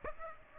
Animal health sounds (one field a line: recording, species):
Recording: mosquito wingbeat signal from an infrared sensor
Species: Aedes aegypti